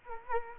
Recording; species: mosquito wingbeat signal from an infrared sensor; Culex quinquefasciatus